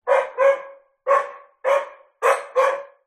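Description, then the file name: Dog barking, six sharp gruff barks: a quick pair, two single barks, then another quick pair, with brief gaps between, with a slight echo trailing each bark. Dog barking next door, on a street. "zapsplat animals dog"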